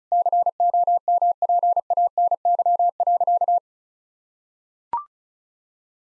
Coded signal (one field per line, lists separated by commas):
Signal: Morse code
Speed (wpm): 36 wpm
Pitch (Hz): 700 Hz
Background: none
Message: COMPANY.